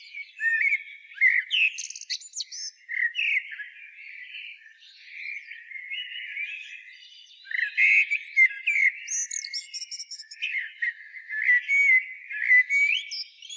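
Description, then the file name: Common blackbird singing, varied warbling phrases with fluty notes and thin high twittering flourishes, in two busy bursts separated by a quieter, sparser stretch. "Turdus merula"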